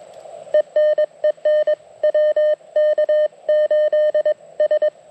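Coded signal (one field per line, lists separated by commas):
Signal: Morse code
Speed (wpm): 21 wpm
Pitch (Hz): 1800 Hz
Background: none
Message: ENEN WK8S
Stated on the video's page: CW heard during the Flight of the Bumblebees event, the operator's first non-POTA CW event.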